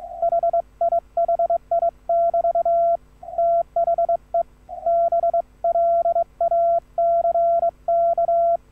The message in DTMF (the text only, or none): none